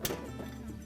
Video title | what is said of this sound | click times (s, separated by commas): Refrigerator Repair - Replacing the Ice Maker Shut Off Arm (Whirlpool Part # WP2304354) | We'll slide it far enough until the locking tab engages, you should here that snap into place and you can visually check that tab and make sure it's pulled back. | 0.1 s